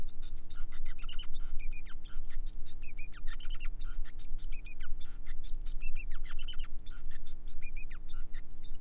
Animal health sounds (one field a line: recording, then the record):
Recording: song of a male Bengalese finch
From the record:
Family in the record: son of father 5